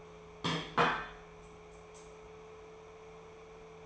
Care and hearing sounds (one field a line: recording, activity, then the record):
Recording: daily activity, microphone in the room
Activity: place plate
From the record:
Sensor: 1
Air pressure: 1015.0 hPa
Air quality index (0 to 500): 199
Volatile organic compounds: 24 ppm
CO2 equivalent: 2816 ppm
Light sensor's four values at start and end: 13/31/12/14 and 12/29/11/13